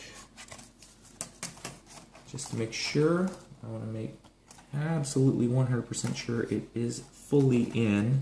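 On a Toshiba Satellite Pro C650 (EZ1515D), the connector lock holding a ribbon cable in the laptop motherboard connector is pressed again, giving a sharp click at 1.2 s amid a few softer taps while someone talks. Despite the click, the ribbon connector is not fully seated.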